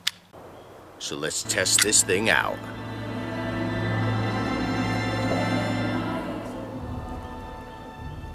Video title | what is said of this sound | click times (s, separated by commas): Tops Knives : Tops Street Scalpel 2 - Tac | Nice audible click when you put it back in. | 0.1 s